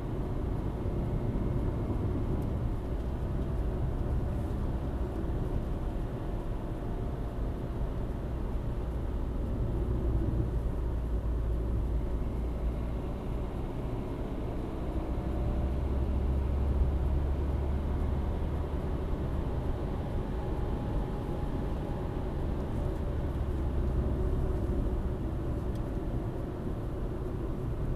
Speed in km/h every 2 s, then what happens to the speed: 68, 71, 67, 67, 64, 61, 66, 72, 77, 83, 83, 71, 68, 64.
3-10 slows to 61. 10-19 speeds up to 83. 19-28 slows to 64.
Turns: none.